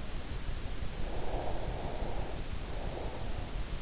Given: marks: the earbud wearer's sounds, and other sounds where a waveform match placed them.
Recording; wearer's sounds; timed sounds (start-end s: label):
sounds in sleep by an in-ear microphone; breath
0.94-3.51 s: breath